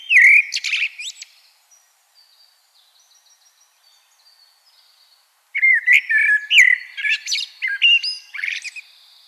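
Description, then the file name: Common blackbird song: a phrase ends with high twitter, faint thin notes follow, then a new warbled phrase rich in squeaky flourishes begins. "Turdus merula"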